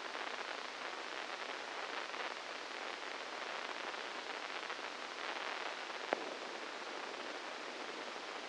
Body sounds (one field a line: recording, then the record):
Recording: brain microelectrode recording played as sound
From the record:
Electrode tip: inside the subthalamic nucleus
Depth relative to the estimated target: -4 mm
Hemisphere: left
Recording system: NeuroSet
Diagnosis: Parkinson's disease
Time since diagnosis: 15 years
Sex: female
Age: 59 years